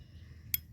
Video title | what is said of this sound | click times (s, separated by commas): Expert Tips: Safely Clearing Your Weapon - Q&A Page 20 | there's a little click that was that popping back out that is a drop block a | 0.5 s